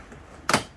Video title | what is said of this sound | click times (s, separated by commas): Ram 1500 09-18 door panel removal & speaker upgrade | so pop them out lift them up | 0.5 s